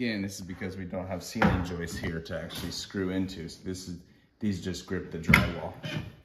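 A toggle bolt anchor is handled at a hole in a drywall ceiling, where it will hold a mounting board for a foam faux beam because there are no ceiling joists to screw into. Someone talks throughout, with a brief knock or handling sound near 1.4 s and another near 5.3 s. Nothing has clicked or seated yet.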